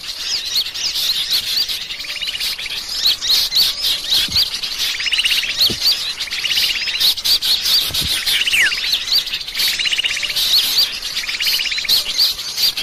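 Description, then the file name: Bird calls: buzzy rattling trills recur beneath constant high, sharp chirps and whistles. Indonesian bird lure call (pikat), titled 'a thousand birds'. "pikat 1000 burung"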